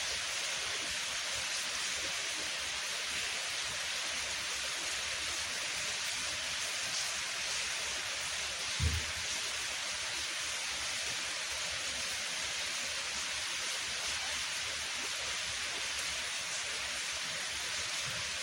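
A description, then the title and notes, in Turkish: Rain falls in a steady, dense hiss that stays bright and even from start to finish. Beneath it a faint low rumble wavers, and a single soft thud stands out briefly near the nine-second mark. Yağmur Sesi.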